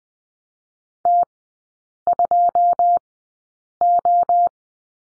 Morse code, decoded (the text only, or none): T2O